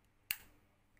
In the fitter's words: put this thing in the slot. Clicks into place.